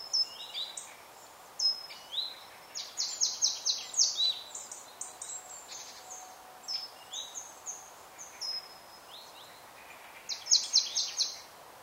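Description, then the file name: Marsh tit calling: rapid runs of thin, high notes, with a louder burst around three seconds in and another near the end, plus scattered chips and a faint hiss. "Poecile palustris"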